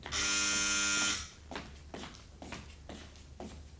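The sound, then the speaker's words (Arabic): A loud, steady electric doorbell buzzes for about a second, harsh and droning, then stops; several soft, evenly spaced footsteps follow. “شوفي الباب يا دادا.”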